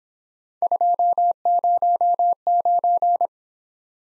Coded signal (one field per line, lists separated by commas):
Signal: Morse code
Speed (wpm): 25 wpm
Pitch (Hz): 700 Hz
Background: none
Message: 209